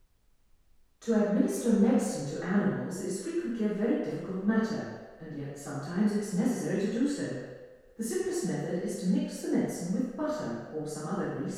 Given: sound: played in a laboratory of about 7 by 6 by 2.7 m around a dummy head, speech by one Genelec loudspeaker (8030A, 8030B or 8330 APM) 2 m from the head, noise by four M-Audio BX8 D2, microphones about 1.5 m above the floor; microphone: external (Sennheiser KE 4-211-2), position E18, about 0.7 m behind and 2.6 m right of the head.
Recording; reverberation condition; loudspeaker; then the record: female speech in English; high; behind (180 degrees)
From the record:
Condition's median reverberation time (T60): about 1300 ms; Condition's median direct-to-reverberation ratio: about -4.0 dB